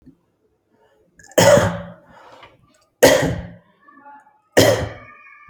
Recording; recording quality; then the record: heavy voluntary cough; excellent, no background noise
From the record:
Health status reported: healthy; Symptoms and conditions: none ticked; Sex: male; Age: 30 years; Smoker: not ticked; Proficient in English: yes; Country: India